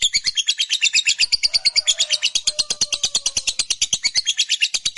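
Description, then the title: Lovebird chatter, an even rapid series of shrill rasping notes running continuously, with a faint low tone behind. Fighter lovebird giving a long chatter, called ngekek panjang. "Begitu Dengar Suara Lovebird FIGHTER NGEKEK PANJANG"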